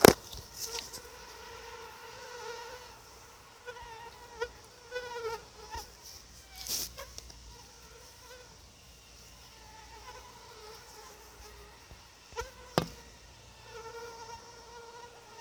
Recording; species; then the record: mosquito flight sound by mobile phone; Anopheles quadriannulatus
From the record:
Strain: SANQUA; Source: CDC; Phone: Sony Xperia